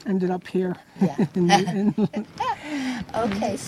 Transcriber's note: both laugh